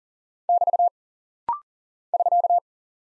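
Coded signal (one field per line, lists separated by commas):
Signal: Morse code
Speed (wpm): 39 wpm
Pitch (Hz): 700 Hz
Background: none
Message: <BT> <SK>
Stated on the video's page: Rapid-fire head-copy drill of punctuation and prosign characters sent at 40 wpm.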